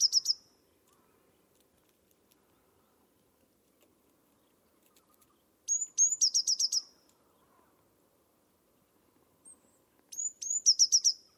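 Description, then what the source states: Bird uttering rapid high chirping trills with a brief whistled lead-in, in separated bursts over a soft low background hum. Bird-only recording from a 2025 bird dataset.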